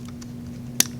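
Two plastic halves of a wiring harness connector, with the ramp side lined up to the red lock, are pressed together while installing a MADNESS MAXPower PRO ECM on a Jeep Gladiator/Wrangler JL. A steady low hum runs under two faint ticks near the start, then a sharp, bright click at 0.8 s. The connector seats and locks.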